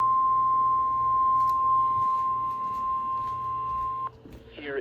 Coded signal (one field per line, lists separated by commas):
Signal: Emergency Alert System (SAME) tones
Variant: 1050 Hz attention tone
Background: speech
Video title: achoo. (EAS 576-583)